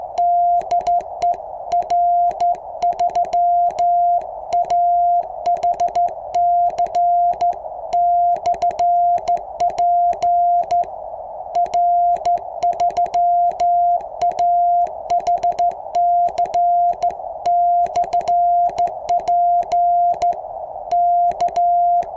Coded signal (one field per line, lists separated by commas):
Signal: Morse code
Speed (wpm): 14 wpm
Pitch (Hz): 700 Hz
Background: none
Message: DE R3AHC/P R3AHC/P K